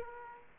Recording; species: mosquito wingbeat signal from an infrared sensor; Aedes aegypti